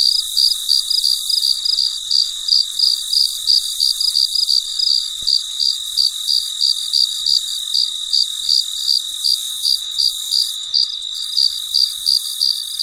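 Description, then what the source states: Cricket chirping as a fast, even train of high pulses, about three per second, backed by a steady shrill background. Recorded late at night, in deep quiet.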